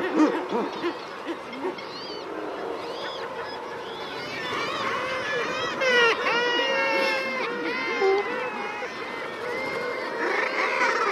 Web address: common murre